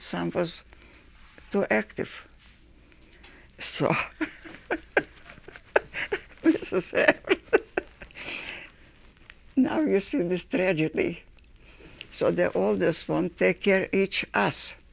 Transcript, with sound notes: some was too active. So — [Laughs] Now, you see this tragedy. So the oldest one take care each us.